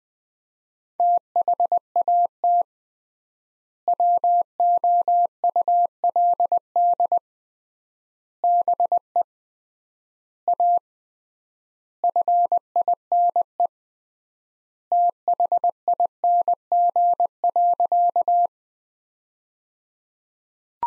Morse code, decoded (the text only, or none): THAT WOULD BE A FINE THING.